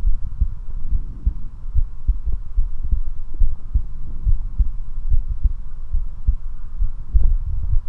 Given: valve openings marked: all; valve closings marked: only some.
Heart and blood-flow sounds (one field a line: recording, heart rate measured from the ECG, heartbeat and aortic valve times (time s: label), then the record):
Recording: heart sounds by stethoscope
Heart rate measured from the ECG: 71 bpm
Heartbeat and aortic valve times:
0.09 s: heartbeat (ECG mark)
0.13 s: aortic valve opens (echo mark)
0.42 s: aortic valve closes (echo mark)
0.95 s: heartbeat (ECG mark)
0.99 s: aortic valve opens (echo mark)
1.27 s: aortic valve closes (echo mark)
1.77 s: heartbeat (ECG mark)
1.81 s: aortic valve opens (echo mark)
2.10 s: aortic valve closes (echo mark)
2.60 s: heartbeat (ECG mark)
2.64 s: aortic valve opens (echo mark)
2.93 s: aortic valve closes (echo mark)
3.43 s: heartbeat (ECG mark)
3.46 s: aortic valve opens (echo mark)
3.75 s: aortic valve closes (echo mark)
4.29 s: heartbeat (ECG mark)
4.32 s: aortic valve opens (echo mark)
4.60 s: aortic valve closes (echo mark)
5.13 s: heartbeat (ECG mark)
5.17 s: aortic valve opens (echo mark)
5.46 s: aortic valve closes (echo mark)
5.96 s: heartbeat (ECG mark)
6.00 s: aortic valve opens (echo mark)
6.29 s: aortic valve closes (echo mark)
6.84 s: heartbeat (ECG mark)
6.88 s: aortic valve opens (echo mark)
7.17 s: aortic valve closes (echo mark)
7.73 s: heartbeat (ECG mark)
7.76 s: aortic valve opens (echo mark)
From the record:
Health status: healthy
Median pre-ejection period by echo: 38 ms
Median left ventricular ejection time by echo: 294 ms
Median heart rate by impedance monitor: 70 bpm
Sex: male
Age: 19 years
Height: 179 cm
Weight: 78 kg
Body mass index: 24.34